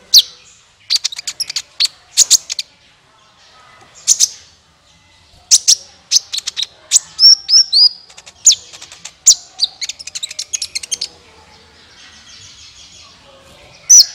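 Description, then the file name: Sunbird: bird song with sharp high chirps in clusters, separated by short pauses, plus a few thin slurred whistles. "suara kolibri ninja"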